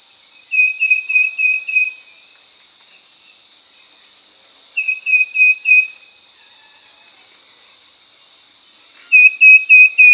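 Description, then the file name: Tufted titmouse giving loud repeated whistled notes in three bursts of four to five, spaced about four seconds apart, over a steady high-pitched insect hum. "baeolophus bicolor"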